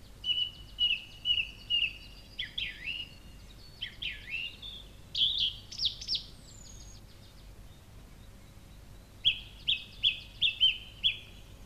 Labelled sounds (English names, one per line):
Song Thrush song